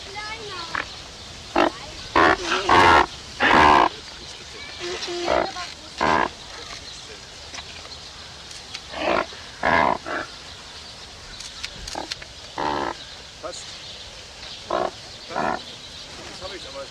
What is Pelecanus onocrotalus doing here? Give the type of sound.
aggressive call